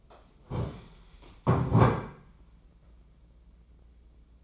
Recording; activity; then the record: daily activity, microphone in the room; stand up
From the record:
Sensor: 1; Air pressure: 996.0 hPa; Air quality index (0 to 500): 235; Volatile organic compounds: 1000 ppm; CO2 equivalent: 6855 ppm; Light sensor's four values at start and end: 35/86/37/44 and 33/81/35/42